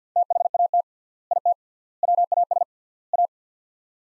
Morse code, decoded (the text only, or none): THAT IT WAS A